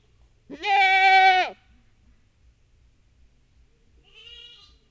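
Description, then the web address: Domestic goat gives one loud, harmonic bleat lasting about a second, then a much fainter call follows near the end. Goat kid calling for its mother, which is on a chain, in a farmyard. "allathangok parasztudvar hazikecske kecske gidaesalanconlevomamaja"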